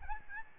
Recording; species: mosquito wingbeat signal from an infrared sensor; Aedes albopictus